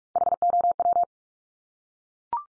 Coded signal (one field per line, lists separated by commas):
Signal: Morse code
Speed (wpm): 44 wpm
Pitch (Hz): 700 Hz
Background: none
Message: HOW